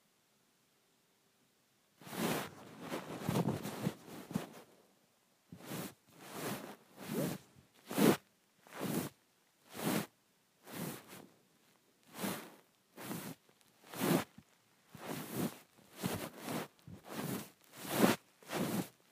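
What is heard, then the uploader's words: A phone is rubbed on a blanket in repeated soft scraping strokes after two seconds of silence, roughly twice per second and steady. Rubbing my Phone on my Blanket.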